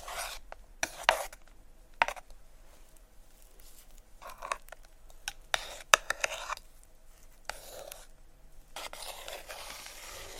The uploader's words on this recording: ASMR Playing With Shaving Cream (Plastic Wrap, Brushing, Massage, Crinkles).